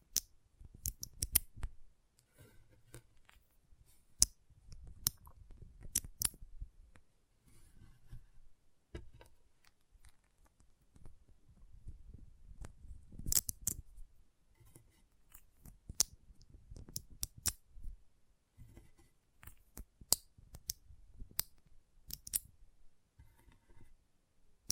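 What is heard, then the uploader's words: Magnetic tingles: sharp, bright clicks and snaps scattered irregularly across the whole clip, some in quick clusters, others spaced a second or more apart. Between them, soft low rustling and handling sounds rise and fall, with quiet gaps in between. ASMR Intense Magnetic Tingles (No Talking).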